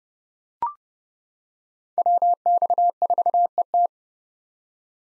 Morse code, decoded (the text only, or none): WX4ET